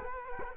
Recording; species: mosquito wingbeat signal from an infrared sensor; Culex quinquefasciatus